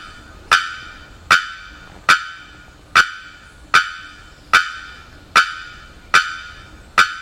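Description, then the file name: Bearded bellbird giving loud, explosive bock calls, each a sharp metallic clang with a ringing tail, repeated steadily about every 0.8 seconds, nine calls in all. 27 October 2001. "2001-10-27 Bearded Bellbird"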